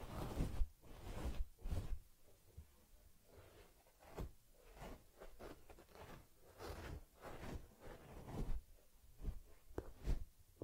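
Rubbing and combing on a teddy bear's fur make soft scratchy strokes that come in quick bursts, roughly one or two per second, some sharper and brighter than others. Between strokes there are brief quiet gaps and faint low handling thumps.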